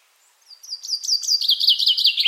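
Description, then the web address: Common chaffinch song opening with a few slow clear notes that quicken into a fast, slightly falling rattle of repeated notes, cut off mid-phrase. "Deverinetal"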